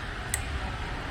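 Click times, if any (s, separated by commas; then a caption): 0.3 s. The handle on top of an accumulator charging head, fitted to the accumulator's gas valve, is turned to close it up and move the stem. A single sharp click sounds at 0.3 s as it reaches the end of its travel, showing it has seated, against a low steady background hum.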